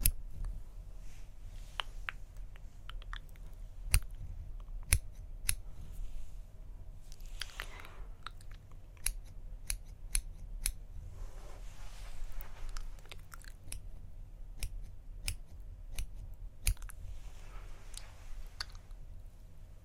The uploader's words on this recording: ASMR 10 Personal Attention Triggers Plucking, Face Touching, Tracing.